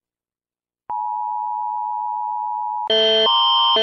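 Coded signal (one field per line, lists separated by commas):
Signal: Emergency Alert System (SAME) tones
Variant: 853 and 960 Hz attention tone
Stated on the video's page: Animated EAS alarms, fan-made recreation.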